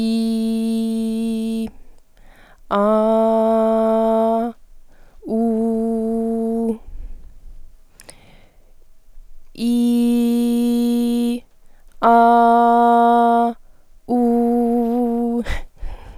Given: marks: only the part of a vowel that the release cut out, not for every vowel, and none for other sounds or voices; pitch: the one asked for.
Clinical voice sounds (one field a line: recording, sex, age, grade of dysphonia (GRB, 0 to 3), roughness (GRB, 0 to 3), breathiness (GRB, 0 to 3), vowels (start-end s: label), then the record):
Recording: sustained vowels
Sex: female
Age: 20 to 29 years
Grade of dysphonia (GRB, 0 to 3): 0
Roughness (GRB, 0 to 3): 0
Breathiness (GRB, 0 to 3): 0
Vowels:
0.00-1.55 s: vowel /i/, normal pitch
2.84-4.32 s: vowel /a/, normal pitch
5.40-6.59 s: vowel /u/, normal pitch
9.83-11.24 s: vowel /i/, high pitch
12.19-13.36 s: vowel /a/, high pitch
14.23-15.29 s: vowel /u/, high pitch
From the record:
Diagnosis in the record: healthy voice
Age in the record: 21 years